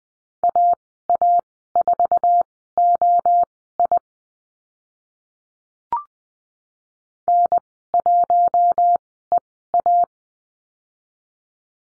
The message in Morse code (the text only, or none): AA4OI N1EA